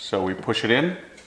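Someone talks while an LED side marker lamp housing for a 2000 Porsche 911 (996) is handled at its opening in the car's fender, ready to be pushed in. Nothing has snapped or seated yet.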